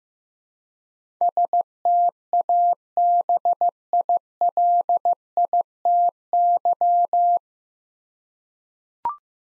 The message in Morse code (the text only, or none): STABILITY